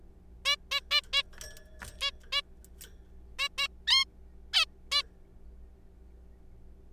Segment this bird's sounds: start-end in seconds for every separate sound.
0.45-0.56, 0.71-0.80, 0.91-1.01, 1.13-1.22, 2.02-2.11, 2.32-2.42, 3.39-3.48, 3.58-3.68, 3.87-4.04, 4.54-4.64, 4.92-5.02